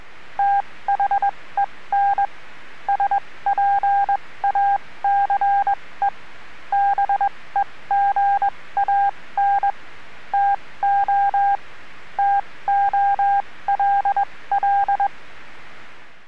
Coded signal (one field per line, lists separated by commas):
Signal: Morse code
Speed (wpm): 21 wpm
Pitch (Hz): 800 Hz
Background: none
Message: THEN SPACE BEGAN TO TOLL